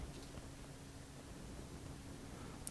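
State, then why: Seated. A trigger bar is slid up and worked into position in the frame of a CZ83 pistol during assembly, fitted at this step because it sits right inside the frame and would be stuck on the outside if put in later. Over a steady low hum with faint rustling, a single sharp, short click sounds at 2.7 s as the trigger bar locks into place.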